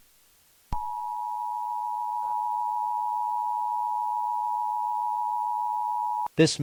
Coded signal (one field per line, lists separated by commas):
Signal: Emergency Alert System (SAME) tones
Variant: 853 and 960 Hz attention tone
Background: speech